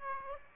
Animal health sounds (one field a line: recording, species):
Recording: mosquito wingbeat signal from an infrared sensor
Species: Aedes aegypti